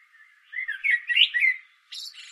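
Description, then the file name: Common blackbird song, a short warbled, fluty phrase wavering up and down, followed by a brief high squeaky twitter. "Turdus merula"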